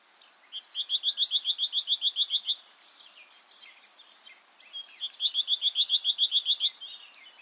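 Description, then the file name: Great tit calls: two fast runs of sharp repeated notes separated by softer chatter and background noise. "Parus major"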